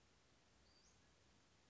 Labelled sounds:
Western Flycatcher (Empidonax difficilis)
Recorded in Sonoma County, California

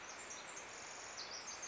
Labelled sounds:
Pacific Wren (Troglodytes pacificus)
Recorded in Sonoma County, California

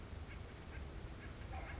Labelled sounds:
California Towhee (Melozone crissalis)
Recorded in Sonoma County, California

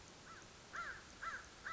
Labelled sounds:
American Crow (Corvus brachyrhynchos)
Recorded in Sonoma County, California

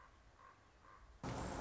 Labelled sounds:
Common Raven (Corvus corax)
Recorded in Sonoma County, California

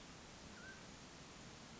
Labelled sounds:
Mountain Quail (Oreortyx pictus)
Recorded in Sonoma County, California

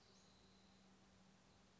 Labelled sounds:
Western Flycatcher (Empidonax difficilis)
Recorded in Sonoma County, California

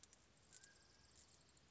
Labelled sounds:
Mountain Quail (Oreortyx pictus)
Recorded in Sonoma County, California

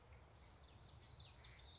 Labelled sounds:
Common Yellowthroat (Geothlypis trichas)
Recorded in Sonoma County, California

